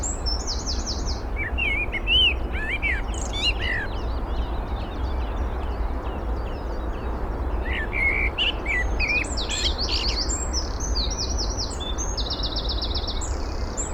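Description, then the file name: Eurasian blackbird warbling low fluted phrases mixed with squeaky notes and high, rapid buzzy trills; a continuous low rumble underlies everything. "Turdus merula"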